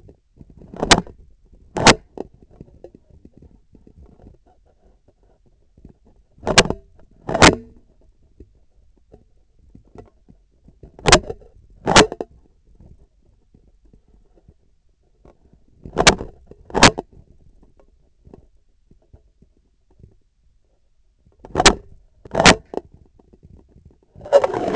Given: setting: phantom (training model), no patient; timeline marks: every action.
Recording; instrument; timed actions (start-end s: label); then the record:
laparoscopic instrument, vibration sensor on the handle end; scissors
0.69-1.15 s: scissors opening
1.71-2.15 s: scissors closing
6.37-6.95 s: scissors opening
7.19-7.83 s: scissors closing
10.93-11.54 s: scissors opening
11.78-12.32 s: scissors closing
15.80-16.42 s: scissors opening
16.64-17.05 s: scissors closing
21.48-21.96 s: scissors opening
22.26-22.71 s: scissors closing
From the record:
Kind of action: tool actuation without material contact